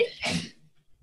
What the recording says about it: My boyfriend is having like a sneezing fit in the other room.